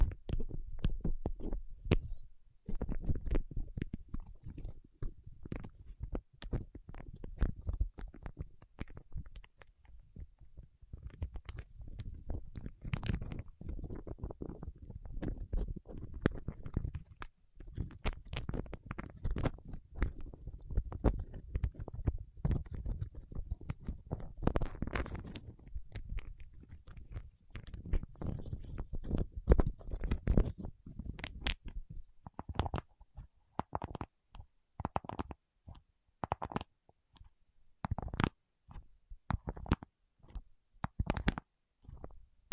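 Waxy fingertips make a steady stream of sticky, wet clicks and crackles, packed close together for most of the 43 seconds. Soft low thumps and rumbles run under the snaps, and the sounds thin out into more spaced, separate clicks over the last ten seconds.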